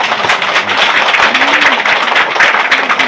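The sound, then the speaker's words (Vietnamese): Dense, sustained applause from an audience at a Buddhist dharma talk, given for a young man's good answer: a steady wash of many hands clapping at once for about three seconds, loud and even throughout with no voices standing out. “Đúng, cái từ đó rất giỏi, cho anh chàng pháo tay.”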